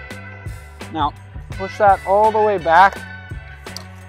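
The folded soft top frame of a Ford Bronco SUV is pushed all the way back toward its rear locking clip while someone talks over music, with brief knocks near 0.8 s and 3.7 s. Nothing has clicked or locked into place yet.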